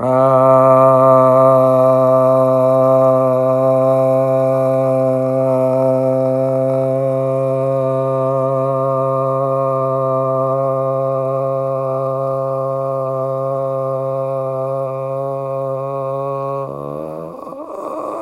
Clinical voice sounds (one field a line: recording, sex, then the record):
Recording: sustained vowel /a/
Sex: male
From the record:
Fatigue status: no fatigue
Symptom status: asymptomatic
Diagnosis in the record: COVID-19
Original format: m4a